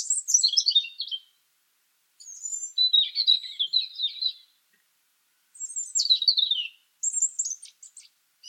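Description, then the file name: European robin song: descending high phrases alternating with a lower scratchy warble, four phrases with pauses between. "Erithacus rubecula"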